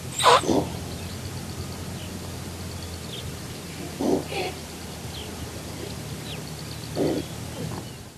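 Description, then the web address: Thomson's gazelle snorting: one loud sharp snort at the start, then two soft low grunts several seconds apart over a steady low hum. "earth naturelibrary assets t th thomsons gazelle"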